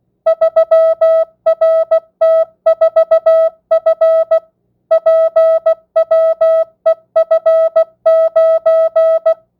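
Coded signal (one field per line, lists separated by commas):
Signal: Morse code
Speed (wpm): 16 wpm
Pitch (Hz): 650 Hz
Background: music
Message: 3RT4F PWEF9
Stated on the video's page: Morse receiving practice at 16 wpm, non-Farnsworth, with variable word length.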